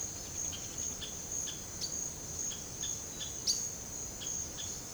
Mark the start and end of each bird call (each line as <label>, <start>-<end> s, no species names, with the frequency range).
bird call (1.4-5.8 kHz), 0.03-1.98 s
bird call (1.1-7.3 kHz), 2.43-3.56 s
bird call (1.5-4.2 kHz), 4.16-4.93 s